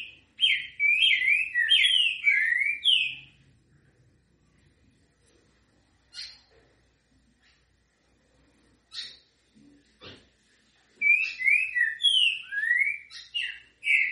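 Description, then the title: Green-winged Saltator: a rapid burst of rich whistled phrases, a pause broken by sharp clicks, then another lively run of slurred notes. Song in the local style called canto grego mole com boi. "Canto De Trinca Ferro. TRINCA=FERRO CANTO GREGO MOLE COM BOI"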